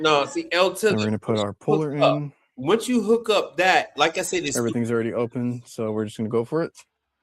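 An HVAC valve core removal tool, a puller that works as a T and a valve, three tools in one, is being readied to hook onto a refrigeration service port while two people talk. Nothing has seated or clicked onto the port yet.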